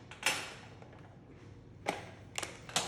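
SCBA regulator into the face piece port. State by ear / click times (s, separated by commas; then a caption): seated / 2.4 s. An SCBA regulator is pushed into the face piece port, with brief handling knocks around 0.3 s and 1.9 s before a sharp snap at 2.4 s as it clicks into place. More bumps follow near 2.8 s and 3.0 s. The regulator is confirmed seated and connected, which matters because it is the wearer's air supply.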